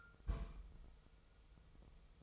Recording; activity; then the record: daily activity, microphone in the room; place on stove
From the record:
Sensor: 1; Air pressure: 999.3 hPa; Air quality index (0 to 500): 201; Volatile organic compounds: 43 ppm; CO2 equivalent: 3191 ppm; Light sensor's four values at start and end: 9/22/8/9 and 9/22/8/9